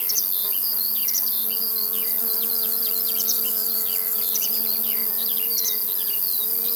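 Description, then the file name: High, steady cricket buzzing fills the field, mixed with frequent lark twitters and short descending whistles over a faint low hum. In a field, with larks also heard. "Sounds from a Field Larks and Crickets"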